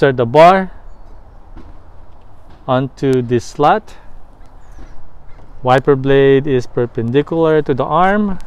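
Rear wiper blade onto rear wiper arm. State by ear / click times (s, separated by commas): not seated / none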